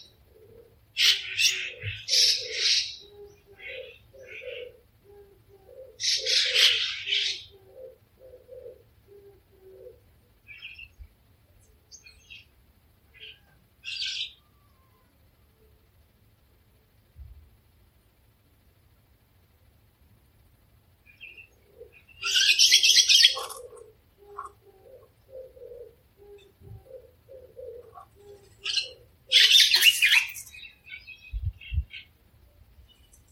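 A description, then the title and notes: Birdsong in a quiet neighborhood morning, with short bright bursts of chirping around 1, 6–7, 22–23 and 29–31 seconds, separated by near silence. Softer, lower calls and a faint low rumble run underneath, with occasional light knocks. Masatoshi Torii * Morning Song * Soundscape. Natural Sounds Recorded In My Neighborhood.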